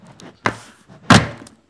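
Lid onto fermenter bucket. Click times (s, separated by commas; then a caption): 0.5 s, 1.1 s. A snap-on plastic lid is pressed down onto a plastic brewing fermenter bucket, giving two sharp clicks at 0.5 s and 1.1 s as it snaps shut, with fainter ticks around them. The lid seats and seals well despite reviews saying these lids don't.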